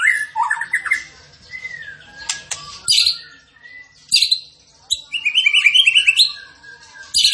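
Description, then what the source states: Tembakan bird song mixing rising and falling whistles, sharp high chips and a fast rattling trill near the end. Masteran training recording, with the bird singing actively (gacor).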